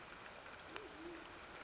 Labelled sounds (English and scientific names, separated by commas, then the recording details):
Band-tailed Pigeon (Patagioenas fasciata)
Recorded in Sonoma County, California